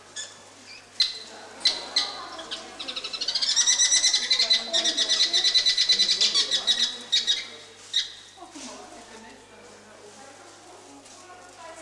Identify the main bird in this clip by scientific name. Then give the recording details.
Philetairus socius. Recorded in captivity. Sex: group. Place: Tiergarten Wilhelma/Stuttgart, Baden-Württemberg, DE. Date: 2004-10-03 14:47. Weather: overcast, 17°C. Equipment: Sony WM-D6C, Sennheiser ME 80, Kopie Uher 4000 Report Monitor. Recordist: Tembrock, Günter